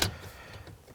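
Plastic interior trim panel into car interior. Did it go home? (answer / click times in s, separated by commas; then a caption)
no / none. A plastic interior trim panel is handled against the interior of a 2020 Mercedes SLC300, with a sharp knock at 0.0 s followed by quiet rustling and faint low rumble. Nothing has seated or clicked yet.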